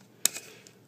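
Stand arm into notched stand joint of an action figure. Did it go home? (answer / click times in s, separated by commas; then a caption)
yes / 0.3 s. The display stand arm of a Riobot Gurren Lagann action figure is angled forward into a flight-pose position, its notches plugging into the stand joint. A single sharp click at 0.3 s marks the arm locking in place, followed by a fainter tick at 0.7 s. The arm is seated and locked at the angle.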